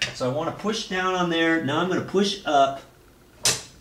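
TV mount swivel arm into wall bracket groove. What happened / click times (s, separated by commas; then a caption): Metal arm handled on the bracket, not yet confirmed seated / none. The metal swivel arm of a TV mount is being handled on top of a wall bracket, about to be pushed down into its groove, while someone talks. A short burst of noise follows near 3.5 s, but the arm has not yet seated or clicked into the bracket.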